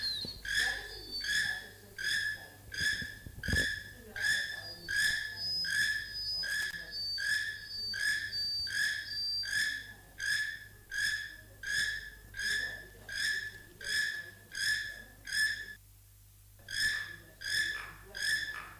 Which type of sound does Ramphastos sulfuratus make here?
call